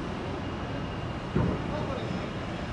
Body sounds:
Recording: background sound without coughing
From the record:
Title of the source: 30 MINUTES Construction Site Ambience (CC BY 4.0)

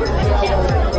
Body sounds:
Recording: background sound without coughing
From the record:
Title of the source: Nightlife Party Simulating Party Club Noise 1 Hour

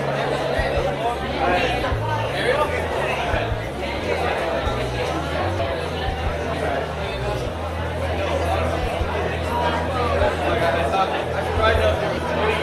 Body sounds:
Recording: background sound without coughing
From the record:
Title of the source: CITY SOUNDS Busy Bar in the Evening Night - 2 HOURS of Ambiance for Relaxation

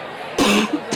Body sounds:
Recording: coughing mixed with background sound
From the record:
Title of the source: 64 coughing, allergies, singing lungs

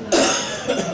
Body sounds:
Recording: coughing mixed with background sound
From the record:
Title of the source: Residual Phlegmy Morning Coughing and Gagging

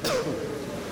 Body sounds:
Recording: coughing mixed with background sound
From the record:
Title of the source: Coughing 60

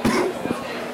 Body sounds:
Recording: coughing mixed with background sound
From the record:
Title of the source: Coughing 77

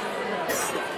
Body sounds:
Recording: coughing mixed with background sound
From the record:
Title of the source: 30 Chesty and wet cough

